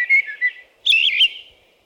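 American robin song: two short whistled notes followed by a longer warbled phrase with a thin high overtone, then quiet.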